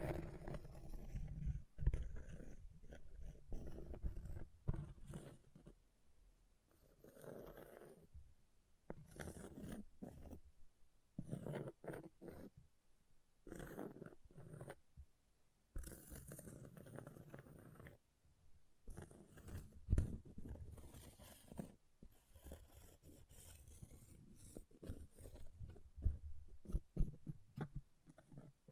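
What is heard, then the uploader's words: Scratching against an object comes in uneven bursts, rough, rasping strokes packed close together, with short silent gaps around 6, 9, 14 and 18 seconds. The strokes are mostly low and gritty, with occasional sharper, brighter scrapes and a few dull knocks. ASMR Brain Melting Object Scratching (No Talking).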